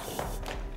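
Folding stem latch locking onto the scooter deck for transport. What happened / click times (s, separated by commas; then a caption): The folding latch is being handled but has not yet locked / none. The folded stem of a Synergy Aviator 2.0 Electric Scooter (Dual Motor) is pulled down toward the deck so its folding latch can lock it in the folded position for transport. Soft handling taps and rustle are heard, with a brief sharp tap at about 0.5 s. Nothing has seated or clicked into the lock yet.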